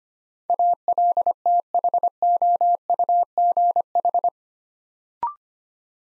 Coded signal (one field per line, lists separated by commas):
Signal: Morse code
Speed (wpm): 25 wpm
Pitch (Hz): 700 Hz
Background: none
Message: ALTHOUGH